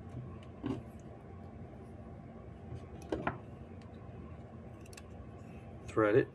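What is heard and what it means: Someone picks out 8 mm washers and lines up a screw on a Piratframes SHORTY drone frame before threading it home, with small metallic ticks from handling the parts at about 3.1, 3.3 and 5.0 seconds. Someone talks near the end. Nothing has seated or clicked yet.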